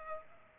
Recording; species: mosquito wingbeat signal from an infrared sensor; Culex pipiens